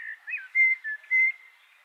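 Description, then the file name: Eurasian blackbird song fragment: a few mellow whistled notes, one slurred downward, then two sustained flat whistles in quick succession. "Turdus merula"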